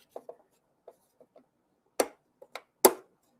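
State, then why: Seated. A 3D printed plastic piece is pressed into place on an arcade cabinet, with soft scattered taps and handling sounds in the first half. Sharper clicks come at about 2.0 s and 2.6 s, then the loudest, brightest snap at 2.9 s as the piece seats firmly into the cabinet.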